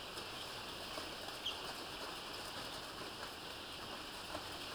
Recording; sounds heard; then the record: poultry house recording; healthy chickens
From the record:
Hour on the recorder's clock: 11